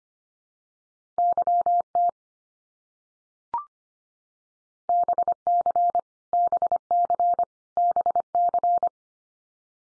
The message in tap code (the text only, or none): none